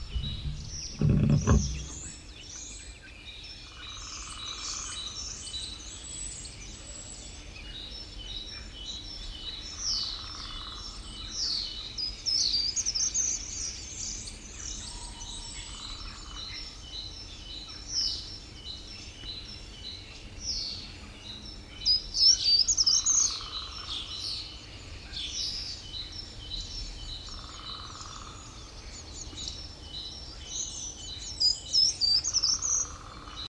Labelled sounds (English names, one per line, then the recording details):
Short-toed Treecreeper song
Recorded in the wild
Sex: male
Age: adult
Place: Halle (Westfalen), OT Tatenhausen, Nordrhein-Westfalen, DE
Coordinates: 52.0439, 8.325
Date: 1973-04-15
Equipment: Uher 4200 Report Stereo, Bändchenmikro Beyer M 260, Parabolspiegel Polyester (600 mm)
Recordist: Conrads, Klaus
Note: Schloß Tatenhausen. Gesang. Im Hintergrund teilweise Störgeräusche